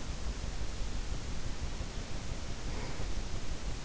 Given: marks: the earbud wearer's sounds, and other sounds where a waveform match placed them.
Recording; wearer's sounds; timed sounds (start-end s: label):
sounds in sleep by an in-ear microphone; breath
1.07-3.08 s: breath